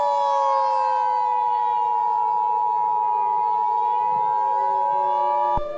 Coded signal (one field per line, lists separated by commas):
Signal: Emergency Alert System (SAME) tones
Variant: 853 and 960 Hz attention tone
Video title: EAS Scenario #7: Foggy Day